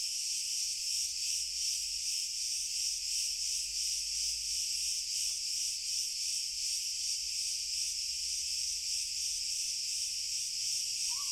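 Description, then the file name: Cricket chorus forming an unbroken high trill that throbs in soft regular waves, with a brief faint lower sound near the end. Pure cricket chorus, slowly increasing in intensity. "Grillen Chor Pur Steigerung Langsam"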